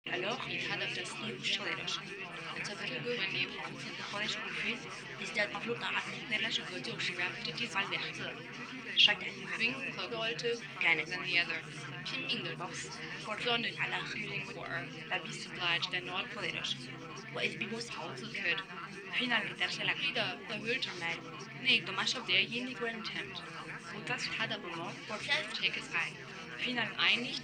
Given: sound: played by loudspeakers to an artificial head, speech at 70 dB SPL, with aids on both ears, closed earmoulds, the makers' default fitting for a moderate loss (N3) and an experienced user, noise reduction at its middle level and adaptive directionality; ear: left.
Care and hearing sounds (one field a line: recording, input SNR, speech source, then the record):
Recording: speech test signal (ISTS) in cocktail-party noise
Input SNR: -3 dB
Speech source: in front (0 degrees)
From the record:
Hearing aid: class 2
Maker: F